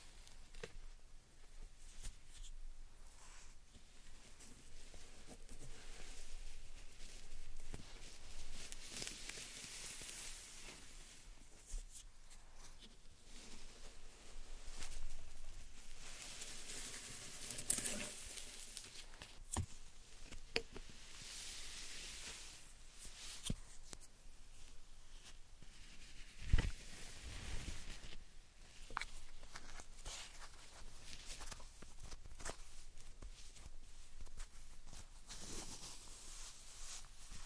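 Slime and sand are squished and pressed, making soft, wet, crackly sounds that come in slow waves throughout. Bright hissing crinkles swell and fade every few seconds, mixed with small clicks and pops, with a sharper snap near twenty-six seconds.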